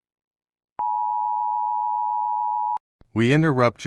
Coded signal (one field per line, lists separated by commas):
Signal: Emergency Alert System (SAME) tones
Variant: 853 and 960 Hz attention tone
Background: speech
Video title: The Germans Are Nuking The U.S. (EAS Scanario)